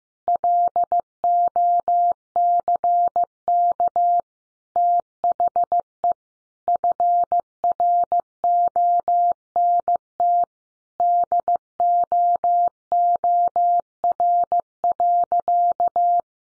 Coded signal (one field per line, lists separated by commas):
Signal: Morse code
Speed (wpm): 14 wpm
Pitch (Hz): 700 Hz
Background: none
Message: LOCK THE FRONT DOOR.